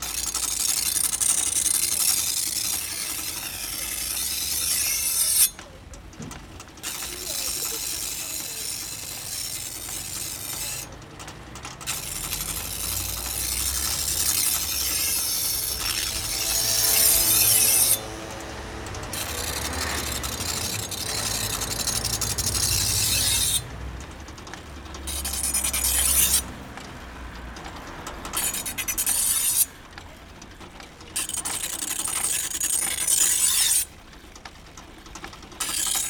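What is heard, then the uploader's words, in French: A knife grinder sharpens knives and scissors on his small cart, the grinding a bright, hissing rasp that runs in long strokes. It breaks off abruptly several times, leaving short gaps, while a low rumbling hum and a wavering whine sit underneath. Rémouleur. Puis il aiguise les couteaux et les ciseaux sur sa petite carriole.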